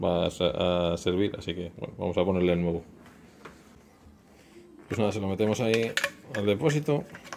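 While rebuilding a STIHL chainsaw that won't start and leaks oil, someone pushes an oil fitting, likely the oil pickup hose or fitting, by hand into the new plastic oil tank so it press-fits by pressure. Someone talks throughout, with soft handling noises in a quieter stretch between the talking. The fitting has not seated or clicked into place yet.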